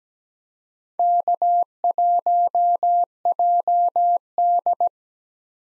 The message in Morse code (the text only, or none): K1JD